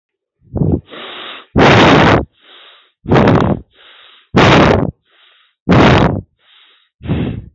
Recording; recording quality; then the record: shallow breathing; excellent, no background noise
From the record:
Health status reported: healthy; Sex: female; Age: 29 years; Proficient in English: yes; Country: India